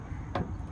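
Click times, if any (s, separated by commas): 0.4 s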